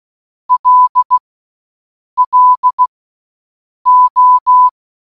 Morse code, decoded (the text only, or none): LLO